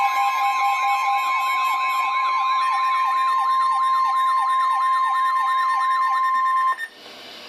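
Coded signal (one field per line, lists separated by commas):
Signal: Emergency Alert System (SAME) tones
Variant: 1050 Hz attention tone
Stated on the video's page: Special Marine Warning relayed by a NOAA weather radio station in Milwaukee, Wisconsin.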